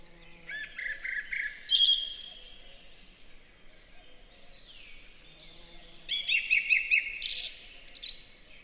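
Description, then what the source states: Song thrush singing varied whistled and chattering phrases, with a loud note near two seconds and a rapid stuttering run near the end, over a soft background hiss. Singing in a forest in spring.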